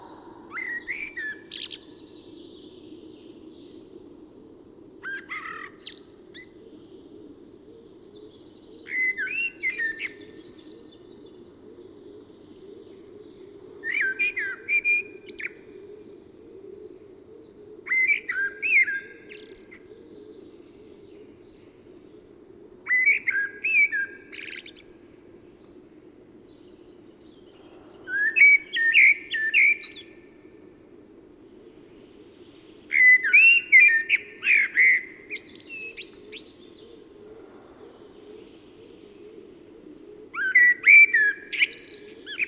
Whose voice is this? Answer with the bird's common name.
Common Blackbird